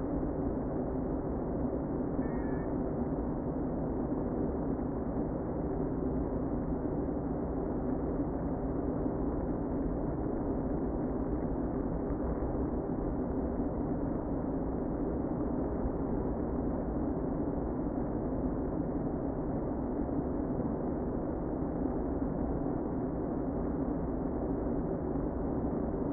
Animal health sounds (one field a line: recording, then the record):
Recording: honeybee colony, microphone inside the hive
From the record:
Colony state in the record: queen present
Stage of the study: before two queens were removed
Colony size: about 60,000 bees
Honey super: yes